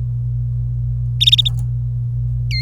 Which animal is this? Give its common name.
Domestic Canary